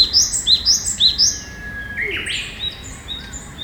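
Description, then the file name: Japanese tit song: a quick run of several high two-note phrases, each a higher note then a lower one, followed by a brief lower note. "sijukara"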